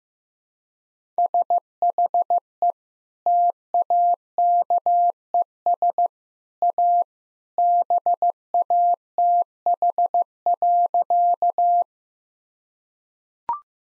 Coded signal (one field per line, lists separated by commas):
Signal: Morse code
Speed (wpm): 16 wpm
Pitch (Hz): 700 Hz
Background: none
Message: SHE TAKES A BATH.